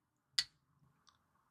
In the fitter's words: and it just snaps into place into the charger.